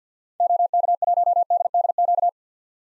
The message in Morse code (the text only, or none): OK1DDQ